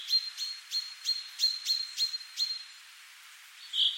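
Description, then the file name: Common chaffinch calls: a run of clipped, bright notes repeated roughly every third of a second, then a pause and one rounded note. "Fringilla coelebs"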